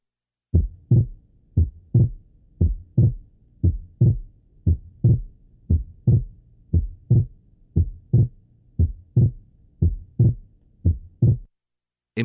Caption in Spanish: Debido al defecto del tabique intraauricular, existe en esencia una aurícula común y el efecto diferencial de la respiración no ocurre, de manera que en la mayoría de los casos de comunicación intraauricular, el segundo ruido pulmonar no varía con la respiración y tenemos un desdoblamiento fijo.